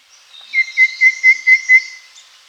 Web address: Rufous-Fronted Babbler Song